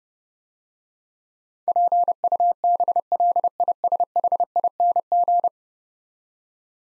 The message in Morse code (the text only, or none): PUBLISHING